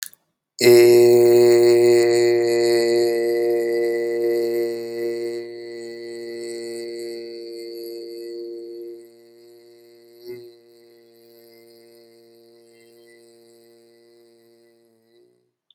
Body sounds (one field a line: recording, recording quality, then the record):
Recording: sustained vowel as in made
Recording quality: excellent, no background noise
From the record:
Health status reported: healthy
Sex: male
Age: 29 years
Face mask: not worn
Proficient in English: yes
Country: India